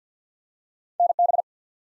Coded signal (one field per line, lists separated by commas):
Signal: Morse code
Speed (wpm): 48 wpm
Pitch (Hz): 700 Hz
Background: none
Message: NB